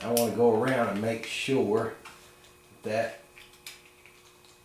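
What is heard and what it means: During a Harley-Davidson Ironhead top-end rebuild piston install, a spiral (spirolox-type) steel wrist-pin retaining clip is worked around the piston's pin bore groove, its coils pressed in with a small tool. Someone talks, then faint small metallic ticks follow near the end. Nothing has seated or clicked home yet.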